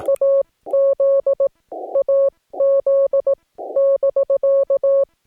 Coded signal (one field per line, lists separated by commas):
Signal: Morse code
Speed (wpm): 18 wpm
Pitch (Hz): 550 Hz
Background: none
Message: AZ AZ <BK>